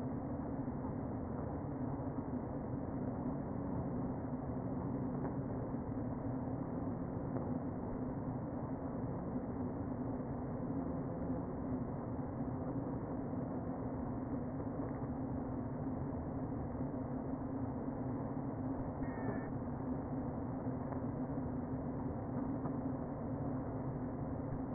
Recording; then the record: honeybee colony, microphone inside the hive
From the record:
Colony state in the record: queen present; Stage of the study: before two queens were removed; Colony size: about 60,000 bees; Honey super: yes